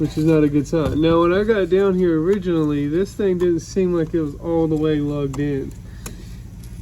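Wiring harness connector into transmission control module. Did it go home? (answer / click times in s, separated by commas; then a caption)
yes / 6.1 s. A wiring harness connector is plugged onto the transmission control module sitting on top of the valve body, after it had been found not fully plugged in. Someone talks through most of the clip, then a sharp click at 6.1 s marks the connector seating home, followed by faint small knocks.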